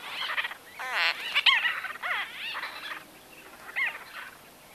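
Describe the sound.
White-fronted bee-eater calls, quick burry trilled notes with arched pitch contours, several birds calling together before quieter scattered notes.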